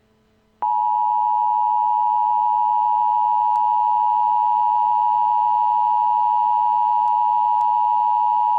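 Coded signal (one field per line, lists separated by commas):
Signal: Emergency Alert System (SAME) tones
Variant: 853 and 960 Hz attention tone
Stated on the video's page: Fictional EAS scenario about an asteroid striking Earth.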